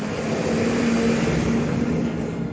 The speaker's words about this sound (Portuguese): Eu espero o caminhão passar. O caminhão passou aqui, tirou minha concentração. Popotamizado pelo caminhão.